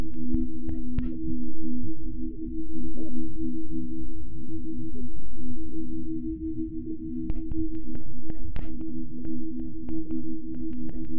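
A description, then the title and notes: Digitally processed Niagara Falls: two steady, droning mid-low tones hold throughout over a churning, low grumble. Short crackling ticks and pops flick in irregularly, clustering near the start and again around eight to nine seconds, while the overall level stays even. A three hour composition for headphones. The piece is tones, grumbles, wa-wa’s, groans, beats and other sounds created through digital signal processing of Niagara Falls.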